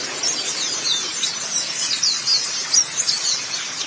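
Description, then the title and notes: White-eye twittering, quick high chirps and short slurred notes in uneven bursts, with a faint hiss underneath. "Suara kicauan burung pleci"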